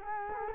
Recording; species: mosquito wingbeat signal from an infrared sensor; Culex quinquefasciatus